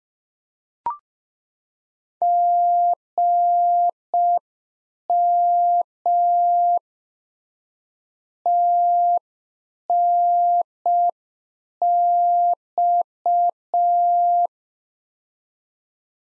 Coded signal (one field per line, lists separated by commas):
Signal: Morse code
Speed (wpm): 5 wpm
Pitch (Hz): 700 Hz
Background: none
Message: GM TNX